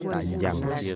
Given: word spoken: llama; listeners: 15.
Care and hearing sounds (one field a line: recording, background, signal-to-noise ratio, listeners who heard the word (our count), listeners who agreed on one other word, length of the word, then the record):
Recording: one Spanish word in noise, from a listening test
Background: four-talker babble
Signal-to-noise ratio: 0.1 dB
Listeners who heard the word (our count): 0 of 15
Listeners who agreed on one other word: 9 of 15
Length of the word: 0.56 s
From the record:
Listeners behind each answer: 9, 1, 1, 1, 1, 1, 1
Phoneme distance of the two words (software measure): 7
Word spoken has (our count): 2 syllables, 4 phonemes, stress on syllable 1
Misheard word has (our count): 2 syllables, 5 phonemes, stress on syllable 1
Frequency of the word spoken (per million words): 97.68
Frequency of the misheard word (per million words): 19.10